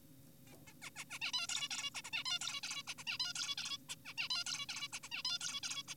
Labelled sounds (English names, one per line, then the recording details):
Zebra Finch
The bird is an adult
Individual g4p5U